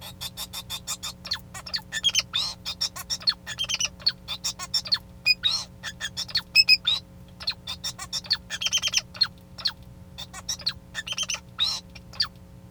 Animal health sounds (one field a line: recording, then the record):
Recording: song of a male Bengalese finch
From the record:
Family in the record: son of father 2